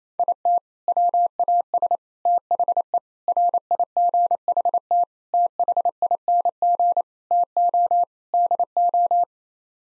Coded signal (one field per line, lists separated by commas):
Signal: Morse code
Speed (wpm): 28 wpm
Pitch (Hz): 700 Hz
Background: none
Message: IT WAS THE RIGHT THING TO DO